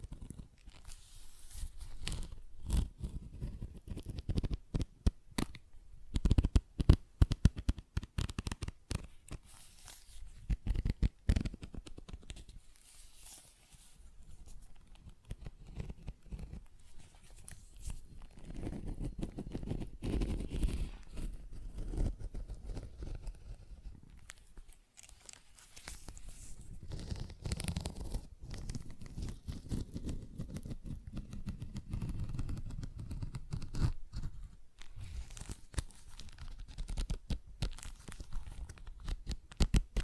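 ASMR tapping and scratching sounds: dense, irregular bursts of crisp scratching and crinkly rustling fill the 40 seconds. Sharper taps cluster around 5 to 11 seconds, then quieter, softer scratching settles in with a low rumbling undertone from about 18 seconds on.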